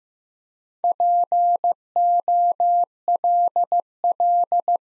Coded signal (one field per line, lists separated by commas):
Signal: Morse code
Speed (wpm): 15 wpm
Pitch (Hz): 700 Hz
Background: none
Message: POLL